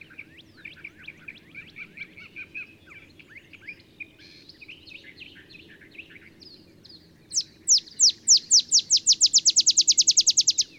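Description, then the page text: Olive sparrow song: after soft chatter from other birds, a loud series of sharp, down-slurred chips speeds up into a rapid bouncing trill. Singing in early morning in Texas, just 50 miles north of the Mexican border; simple songs likened to a field sparrow's bouncing-ball song. "Olive Sparrow. Recording early morning just 50 miles north of the Mexican border in Texas"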